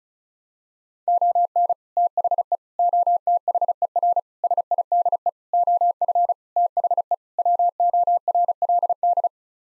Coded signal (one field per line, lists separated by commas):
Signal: Morse code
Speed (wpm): 36 wpm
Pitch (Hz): 700 Hz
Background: none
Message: ON THE OTHER SIDE OF THE WORLD